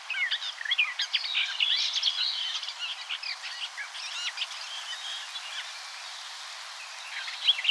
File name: Sylvia atricapilla